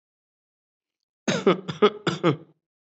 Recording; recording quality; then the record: shallow voluntary cough; excellent, no background noise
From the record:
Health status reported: healthy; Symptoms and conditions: none ticked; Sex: male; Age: 34 years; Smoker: not ticked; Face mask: not worn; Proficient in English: yes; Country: India